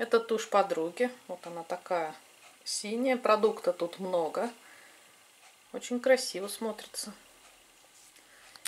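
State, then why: Seated. Someone talks while handling a blue Faberlic mascara from a 2017 catalog order, then screws the cap back onto the plastic mascara tube. A sharp click at 8.7 s marks the cap closing fully and seating shut.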